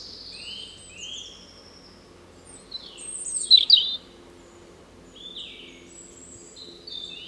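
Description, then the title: European robin singing high, varied phrases of sliding whistles with one loud, tangled flourish in the middle. Spring song recorded in a small wood beside the Rouquette stream, Saint-Jean, France, using a parabolic microphone and a handheld digital recorder. "53 Chemin Bellevue, Saint-Jean, France - Chant printanier : Rouge Gorge"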